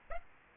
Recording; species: mosquito wingbeat signal from an infrared sensor; Aedes aegypti